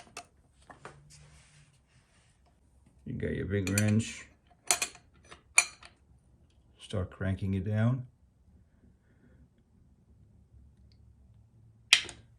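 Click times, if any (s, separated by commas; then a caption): 11.9 s. A bearing puller is cranked down with a wrench to pull the press-fit steel inner cam bearing out of the aluminium crankcase of a Harley Twin Cam motorcycle engine. Someone talks, and sharp metallic clicks and knocks from the tool are heard. At 11.9 s the bearing breaks free with a sharp pop and comes loose.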